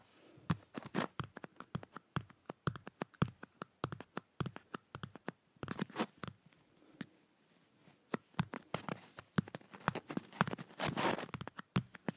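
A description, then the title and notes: Fingers drum on a paper cup in quick, uneven bursts of dry, papery taps. The hits come in dense clusters with brief pauses, and a longer, rougher scraping rustle builds around the eleventh second. ASMR Drumming a Paper Cup.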